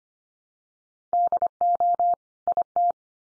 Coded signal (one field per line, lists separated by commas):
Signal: Morse code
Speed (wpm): 25 wpm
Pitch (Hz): 700 Hz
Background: none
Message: DO IT